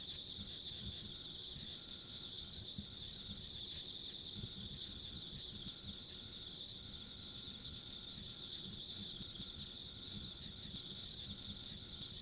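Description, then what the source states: Insects calling in a sustained high, ringing chorus that never pauses, accompanied by soft low-pitched background rumble. Insects along a rural country road, ambient sound.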